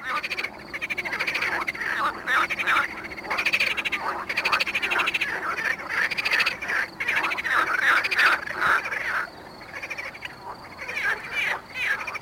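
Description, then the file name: Marsh frog croaking: harsh, pulsed calls in short repeated runs, with brief pauses. Recorded at Mali lag, Botevgrad, Bulgaria. "Pelophylax ridibundus at Mali lag, Botevgrad, Bulgaria"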